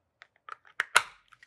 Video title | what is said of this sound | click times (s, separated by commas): JT Triad Paintball Loader - Review | there we go just snaps right in easy peasy | 0.8 s